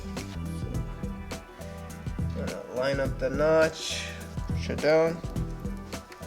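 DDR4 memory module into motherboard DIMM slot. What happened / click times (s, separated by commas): Handled, not yet home: module pressed toward its slot, no latch click yet / none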